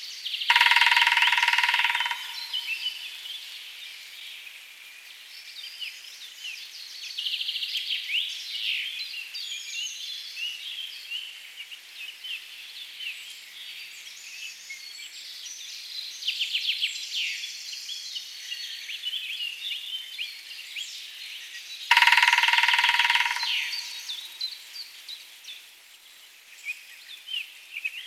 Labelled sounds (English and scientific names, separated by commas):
Grey-headed Woodpecker (Picus canus) song